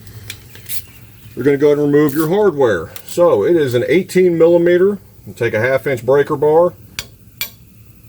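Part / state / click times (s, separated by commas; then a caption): cylinder head bolt in engine cylinder head / released / 7.0 s, 7.4 s. An 18 mm steel rocker pedestal / cylinder head bolt in the cylinder head of a 12-valve Cummins engine is loosened with a 1/2-inch breaker bar while someone talks. After the talking stops, two sharp snaps ring out at 7.0 and 7.4 seconds as the bolt breaks free and is released.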